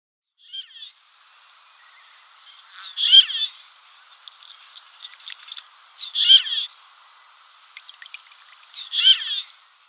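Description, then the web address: Marbled teal giving high, nasal squeaky calls, a faint one first and then three louder ones about every three seconds, with soft chatter between them in a quiet background. Male. "Schulze Peter Marbled Teal"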